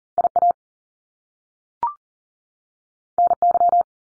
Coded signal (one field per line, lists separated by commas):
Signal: Morse code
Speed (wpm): 40 wpm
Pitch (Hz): 700 Hz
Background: none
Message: IA NY